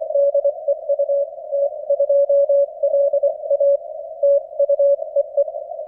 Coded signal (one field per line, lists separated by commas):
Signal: Morse code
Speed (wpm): 24 wpm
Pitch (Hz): 560 Hz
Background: none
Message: DE UT2LA TU EE